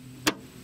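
On a 1999 Subaru Outback being repaired, the new, non-rusty exterior tailgate handle is pulled down and the metal tailgate latch releases with a single sharp click at 0.3 s against a low steady background. The latch opens, confirming the new handle works.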